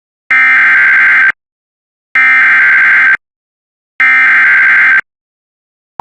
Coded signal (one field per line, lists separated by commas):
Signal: Emergency Alert System (SAME) tones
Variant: header bursts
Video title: EAS Alerts 6195-6199 From 09/06/24